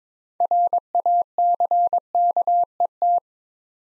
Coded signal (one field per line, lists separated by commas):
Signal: Morse code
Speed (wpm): 22 wpm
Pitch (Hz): 700 Hz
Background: none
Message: RACKET